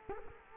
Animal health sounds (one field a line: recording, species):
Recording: mosquito wingbeat signal from an infrared sensor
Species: Culex quinquefasciatus